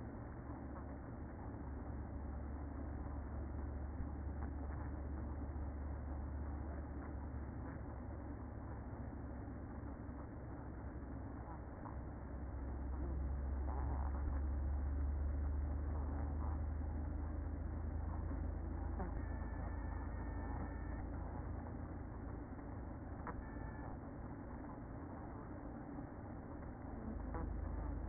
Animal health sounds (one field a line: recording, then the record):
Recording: honeybee colony, microphone inside the hive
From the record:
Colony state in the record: queen present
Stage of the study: after two queens were removed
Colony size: about 60,000 bees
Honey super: yes